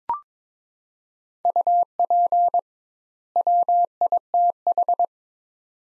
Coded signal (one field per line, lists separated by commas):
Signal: Morse code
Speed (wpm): 22 wpm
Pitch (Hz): 700 Hz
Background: none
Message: UP WITH